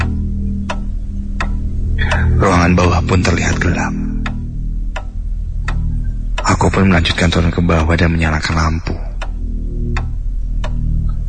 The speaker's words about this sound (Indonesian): Hanya hening yang terdengar, juga detik jam dinding di rumahku itu.